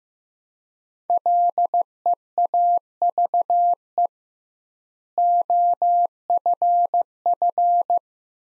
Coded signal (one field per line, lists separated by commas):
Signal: Morse code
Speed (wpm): 15 wpm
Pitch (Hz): 700 Hz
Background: none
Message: LEAVE OFF